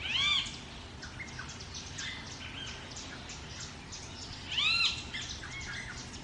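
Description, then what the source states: Parrot calls: two loud, arching squawks, one at the start and one near the end, over a dense background of many small chirping birds. Jungle ambience.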